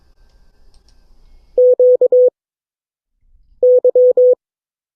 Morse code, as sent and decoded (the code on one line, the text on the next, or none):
--.- -.--
QY